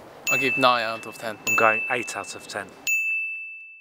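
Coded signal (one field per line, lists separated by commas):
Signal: none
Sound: referee flag buzzer chimes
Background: speech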